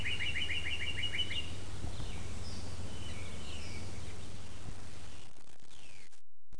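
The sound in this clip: Bird call: a quick, even trill of about ten bright notes lasting over a second, then fainter chirps over a steady low hum before the sound cuts off.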